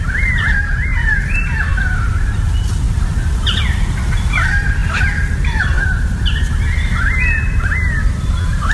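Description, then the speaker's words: Currawong calls, repeated short downslurred and bending whistled notes over a steady low background rumble. Currawongs calling in Melbourne, Australia. "And now we have some currawongs."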